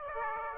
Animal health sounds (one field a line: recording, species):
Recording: mosquito wingbeat signal from an infrared sensor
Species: Aedes aegypti